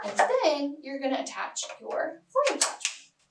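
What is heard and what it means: A floor tool or attachment is being handled toward the wand of a Miele Classic C1 Pure Suction vacuum during assembly while someone talks. Nothing has seated or clicked yet.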